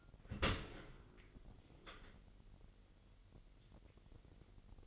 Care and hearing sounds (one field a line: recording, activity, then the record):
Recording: daily activity, microphone in the room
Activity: open dishwasher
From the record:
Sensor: 4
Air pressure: 999.2 hPa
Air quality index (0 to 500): 121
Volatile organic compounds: 2 ppm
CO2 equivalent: 1191 ppm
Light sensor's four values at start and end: 8/20/8/9 and 8/20/8/9